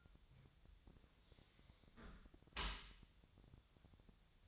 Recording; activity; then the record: daily activity, microphone in the room; close dishwasher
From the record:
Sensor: 3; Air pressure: 1006.8 hPa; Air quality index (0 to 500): 206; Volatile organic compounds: 18 ppm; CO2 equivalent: 2636 ppm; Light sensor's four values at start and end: 10/25/10/10 and 10/25/10/10